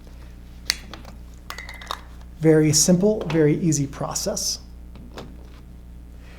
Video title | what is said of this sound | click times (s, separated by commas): Canon EOS Rebel T6 (1300D, Kiss X80) Video 2: Use, Operation, How to Take Photos, Flash, and Modes | and then you just turn clockwise until they click into place and now you've mounted them | 0.7 s